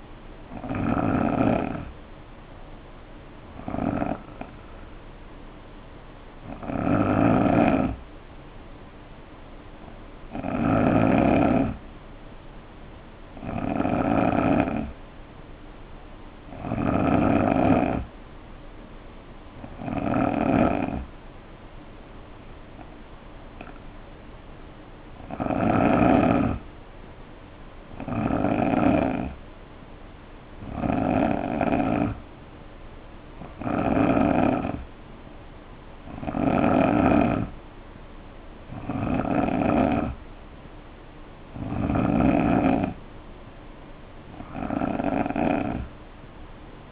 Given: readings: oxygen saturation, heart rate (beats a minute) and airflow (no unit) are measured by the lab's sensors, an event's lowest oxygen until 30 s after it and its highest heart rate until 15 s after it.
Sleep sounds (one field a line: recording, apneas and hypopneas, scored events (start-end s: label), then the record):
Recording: breathing in sleep by a voice recorder at the bedside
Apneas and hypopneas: 1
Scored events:
4.00-22.90 s: hypopnea (N3, oxygen 92% highest, then 87% lowest, heart rate 59 at the start, 66 highest)
28.00-46.92 s: new sleep stage, N2 (light sleep)
From the record:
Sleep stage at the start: N3 (deep sleep)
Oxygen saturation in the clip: 87 to 92%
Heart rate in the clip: 59 to 66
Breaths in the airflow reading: 16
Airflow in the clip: -4.2 to 2.5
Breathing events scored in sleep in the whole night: 520 in 7.2 hours asleep